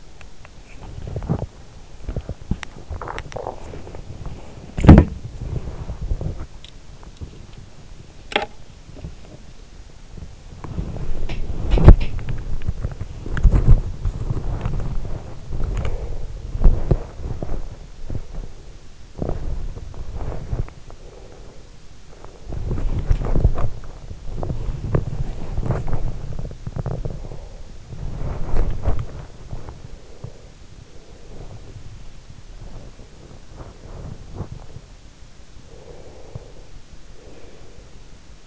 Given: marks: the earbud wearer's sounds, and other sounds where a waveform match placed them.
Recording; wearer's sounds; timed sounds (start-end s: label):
sounds in sleep by an in-ear microphone; body movement, teeth grinding, breath
0.00-29.77 s: body movement
2.39-3.81 s: teeth grinding
5.46-6.50 s: breath
20.94-22.70 s: breath
26.83-27.64 s: breath
29.77-31.87 s: breath
32.65-34.88 s: body movement
35.56-37.95 s: breath